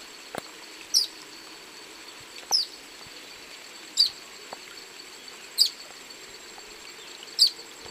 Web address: Natures Songs S America Eastern Lowlands. Myiozetetes similis, song